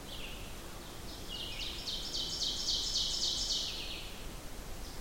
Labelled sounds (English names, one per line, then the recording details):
Ovenbird song
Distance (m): 45 m
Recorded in boreal forest in Alberta, Canada, on 14 June 2016 at 07:21
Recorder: SongMeter 3, array SBT-3-33
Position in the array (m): 100 m, 139 m
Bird 21